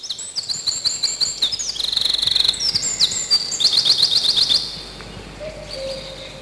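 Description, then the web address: Eurasian wren song, a fast burst of high twittering notes and rattling trills for about four seconds, followed by a quieter low whistled phrase from another bird. Spring. "vremena vesna krapivnik"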